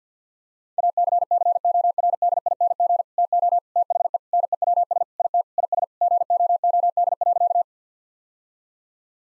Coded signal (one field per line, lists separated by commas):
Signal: Morse code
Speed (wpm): 50 wpm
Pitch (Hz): 700 Hz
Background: none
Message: ACCORDING TO THE NEWS IT IS GOOD.